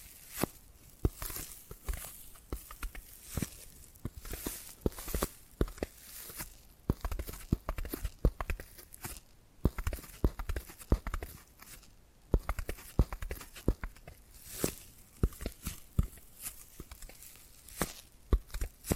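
Irregular tapping and scratching, with sharp knocks every second or so between rougher, hissy scrapes that come and go throughout.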